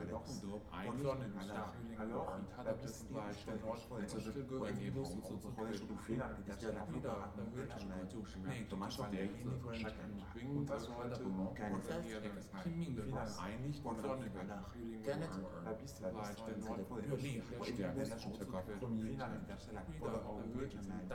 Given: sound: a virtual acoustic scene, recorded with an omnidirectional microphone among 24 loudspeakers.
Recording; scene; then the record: noise of the scene; underground station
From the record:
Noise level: 70 dB SPL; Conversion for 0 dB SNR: 0.7 dB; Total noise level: 70.7 dB SPL